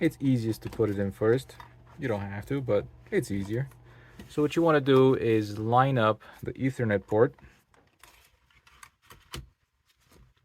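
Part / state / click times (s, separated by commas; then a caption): motherboard into game console case / seated / 9.3 s. Someone talks while lining up the motherboard's ethernet port with the cutout in the clear plastic case of an original Xbox Crystal Edition console. Small ticks and scrapes follow as the board is pressed down into the case. It pops in and seats with a sharp click at 9.3 s.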